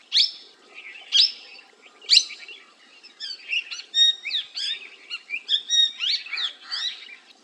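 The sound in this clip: Bird calling with three sharp rising chirps, then a quick jumble of high twittering notes.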